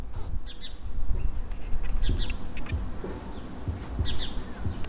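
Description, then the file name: House sparrow chirps, a few clipped doubled notes at irregular intervals over a low droning rumble. "Passer domesticus"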